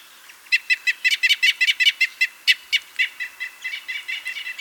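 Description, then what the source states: Crossbill calls: a run of hard, clipped chip notes, evenly spaced at first, then quicker and fainter toward the end. Comparison of crossbill call types N3 and N8.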